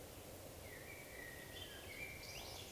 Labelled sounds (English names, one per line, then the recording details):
Eurasian Woodcock whistle
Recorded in Baden-Württemberg, Germany, on 11 June 2020 at 19:38 UTC
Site 41501, 195 m above sea level